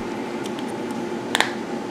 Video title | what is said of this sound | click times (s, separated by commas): Cra-Z-Art Magic Cra-Z-Spiro Spinner! Create Amazing Designs with 10 Markers at a TIME! FUN | hear that click it means it's in there | 1.4 s